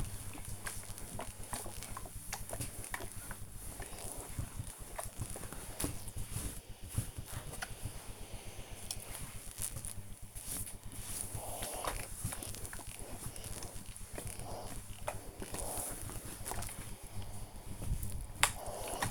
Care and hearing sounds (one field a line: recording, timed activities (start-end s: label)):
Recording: household activities, microphone on the right wrist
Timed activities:
0.00-19.11 s: ironing laundry